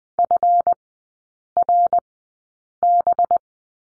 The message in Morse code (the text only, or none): FRB